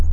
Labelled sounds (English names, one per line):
Black-throated Gray Warbler flight call